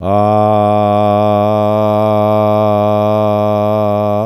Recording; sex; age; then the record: sustained vowel /a/; male; 70 to 79 years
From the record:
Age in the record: 75 years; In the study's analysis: included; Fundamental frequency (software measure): 105 Hz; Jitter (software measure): 0.18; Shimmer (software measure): 0.62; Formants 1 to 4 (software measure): 651 Hz, 1129 Hz, 2371 Hz, 3393 Hz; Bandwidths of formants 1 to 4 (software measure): 78 Hz, 113 Hz, 128 Hz, 395 Hz